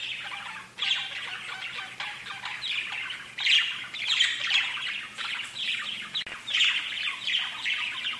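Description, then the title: Budgerigar giving raspy warbled chatter in loose bursts, a brief quieter spell near the start, then lively squawks and chirps again. "Budgie Sounds"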